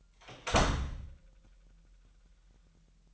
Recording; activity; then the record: daily activity, microphone in the room; close door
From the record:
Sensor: 3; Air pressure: 998.4 hPa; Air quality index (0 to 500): 139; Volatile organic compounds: 4 ppm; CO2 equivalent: 1657 ppm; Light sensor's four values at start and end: 17/48/19/18 and 17/48/19/18